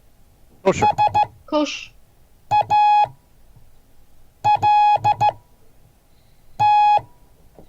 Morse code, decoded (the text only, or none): SALT